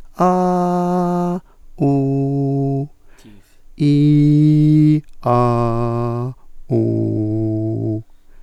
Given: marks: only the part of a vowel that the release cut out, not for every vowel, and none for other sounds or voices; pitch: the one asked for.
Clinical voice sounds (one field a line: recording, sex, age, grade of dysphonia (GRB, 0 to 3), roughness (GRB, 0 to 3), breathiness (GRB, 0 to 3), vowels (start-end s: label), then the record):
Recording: sustained vowels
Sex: male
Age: 60 to 69 years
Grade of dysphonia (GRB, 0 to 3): 0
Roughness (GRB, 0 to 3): 0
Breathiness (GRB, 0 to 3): 0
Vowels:
0.39-1.22 s: vowel /a/, high pitch
1.92-2.72 s: vowel /u/, high pitch
4.02-4.89 s: vowel /i/, low pitch
5.44-6.18 s: vowel /a/, low pitch
6.85-7.88 s: vowel /u/, low pitch
From the record:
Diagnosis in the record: hyperfunctional dysphonia, diplophonia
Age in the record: 62 years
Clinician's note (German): Ausgeprägt mit Phonationsverdickung